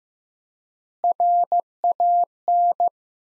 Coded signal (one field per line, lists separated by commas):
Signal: Morse code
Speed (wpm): 16 wpm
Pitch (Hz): 700 Hz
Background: none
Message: RAN